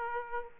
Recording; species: mosquito wingbeat signal from an infrared sensor; Aedes aegypti